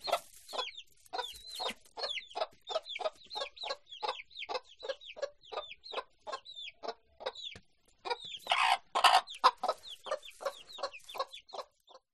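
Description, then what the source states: Chicken sounds: a hen's low clucks under rapid, repeated thin peeping of chicks, with a louder, noisier burst of clucking near the end. Hen with chicks in the henhouse.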